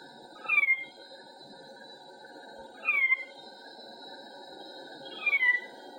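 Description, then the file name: Black-naped oriole giving harsh, nasal, downward-slurred calls, three spaced about every two and a half seconds, over a steady high hum. Female. "suara betina kepodang"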